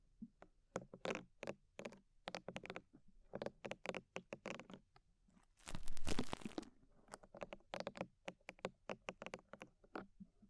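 Ear cleaning with rhinestone and clay removal: quick tapping and crinkly scratches in uneven bursts, with a denser rough rustle around six seconds.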